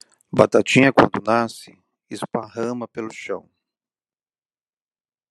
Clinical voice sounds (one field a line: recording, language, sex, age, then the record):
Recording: short text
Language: Brazilian Portuguese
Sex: male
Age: 40 to 49 years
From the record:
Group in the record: control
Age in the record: 49 years